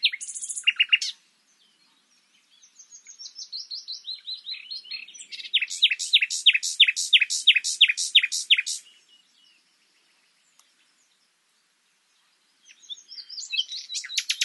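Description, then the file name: Common nightingale song: loud repeated notes, a slowly building series of whistles swelling into a powerful repeated phrase, silence, then new loud notes. "Luscinia megarhynchos"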